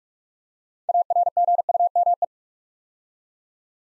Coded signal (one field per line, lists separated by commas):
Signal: Morse code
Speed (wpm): 44 wpm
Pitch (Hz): 700 Hz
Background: none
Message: ARGUME